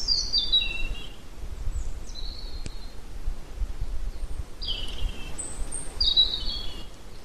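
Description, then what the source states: A bird gives thin high whistled notes and downward slurs in short separate phrases at irregular intervals, against soft steady background noise. Pine forest at Ardenno.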